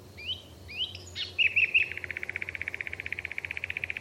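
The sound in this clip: Bird song: a few rising whistled notes lead into a fast, steady trill of clipped, evenly repeated notes.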